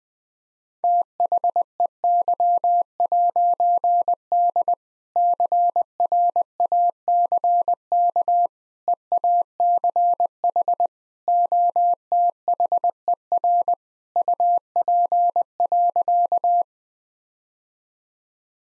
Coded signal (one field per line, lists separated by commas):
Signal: Morse code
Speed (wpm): 20 wpm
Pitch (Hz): 700 Hz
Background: none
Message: THEY'D CRACK EACH OTHER UP.